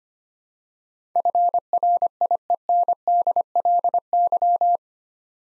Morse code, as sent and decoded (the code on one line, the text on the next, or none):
..-. .-. .. . -. -.. .-.. -.--
FRIENDLY